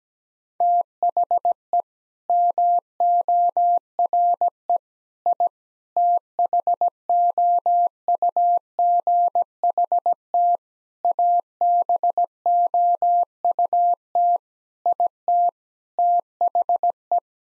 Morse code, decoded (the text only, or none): THE MORE I THOUGHT ABOUT IT THE